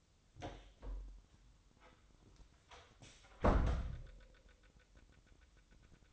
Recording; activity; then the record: daily activity, microphone in the room; close door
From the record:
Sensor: 3